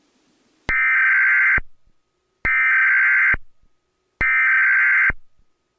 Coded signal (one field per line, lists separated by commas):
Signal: Emergency Alert System (SAME) tones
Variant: header bursts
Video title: World Emergency Alert System Part 1